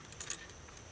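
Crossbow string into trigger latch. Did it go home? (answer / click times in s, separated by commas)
yes / 0.3 s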